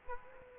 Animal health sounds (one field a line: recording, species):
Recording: mosquito wingbeat signal from an infrared sensor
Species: Aedes aegypti